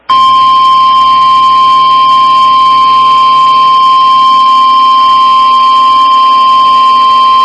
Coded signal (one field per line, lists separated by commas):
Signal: Emergency Alert System (SAME) tones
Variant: 1050 Hz attention tone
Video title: (VALID TONES) EAS Severe Thunderstorm Warning for Knox County (03/14/24)